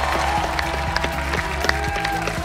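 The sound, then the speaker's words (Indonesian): A crowd applauds with dense, steady clapping over music that has a regular thumping beat and a sustained tone, the applause holding level for the whole moment. “Salam tepuk tangan dah.”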